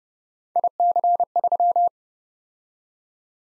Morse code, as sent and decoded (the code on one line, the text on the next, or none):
.. -.-. ...--
IC3